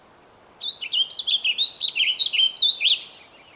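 Bird song: one continuous phrase of about three seconds of fast, high, twisting whistled notes, ending on a brighter note.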